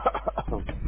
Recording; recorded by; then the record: voluntary cough; telephone call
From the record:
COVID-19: positive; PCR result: checked with the laboratory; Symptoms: yes